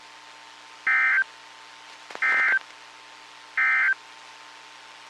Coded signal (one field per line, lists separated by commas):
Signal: Emergency Alert System (SAME) tones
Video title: EAS 1777-1782 (5/3/22)